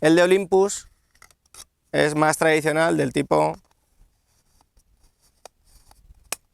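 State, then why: Seated. A plastic lens hood is twisted onto the bayonet mount at the front of a telephoto lens until it locks in position. Someone talks, then soft scraping and small taps of the hood turning are heard before a sharp click at 6.3 s as the hood seats.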